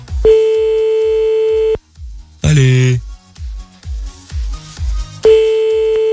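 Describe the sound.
A steady, mid-pitched telephone ringback tone sounds for about a second and a half as a man calls a woman back, pauses while he briefly speaks, then repeats, all over a thumping rhythmic music beat.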